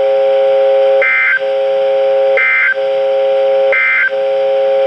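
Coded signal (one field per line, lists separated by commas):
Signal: Emergency Alert System (SAME) tones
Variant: end-of-message bursts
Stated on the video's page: Tornado watch alert received from NOAA Weather Radio transmitters KHA99 and WXK22.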